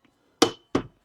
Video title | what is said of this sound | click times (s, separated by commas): KEDSUM 90&150° Folding Hand Truck, 500LB Portable Hand Truck Dolly Foldable,Heavy Duty Luggage | so this is locked in | 0.4 s